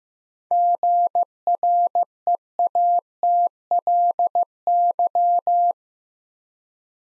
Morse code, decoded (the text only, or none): GREATLY